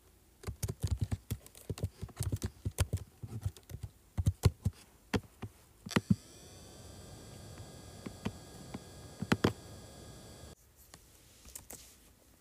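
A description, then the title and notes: Quick keyboard typing and clicking, with sharp irregular taps coming in bursts through the first six seconds. Around six seconds a steady whining hum with a soft rumble sets in beneath sparser clicks, then cuts out near ten and a half seconds, leaving a few final taps. Clicking, Scrolling, and Typing on Keyboard.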